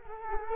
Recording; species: mosquito wingbeat signal from an infrared sensor; Culex quinquefasciatus